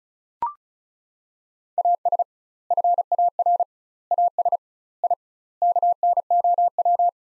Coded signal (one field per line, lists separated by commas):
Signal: Morse code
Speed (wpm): 36 wpm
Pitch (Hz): 700 Hz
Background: none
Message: AS FAR AS I KNOW